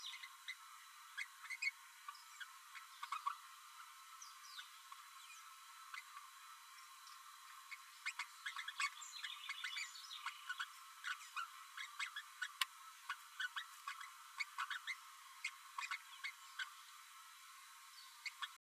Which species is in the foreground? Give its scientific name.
Forpus passerinus